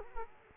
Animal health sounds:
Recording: mosquito wingbeat signal from an infrared sensor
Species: Culex quinquefasciatus

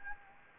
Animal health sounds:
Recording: mosquito wingbeat signal from an infrared sensor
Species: Anopheles gambiae

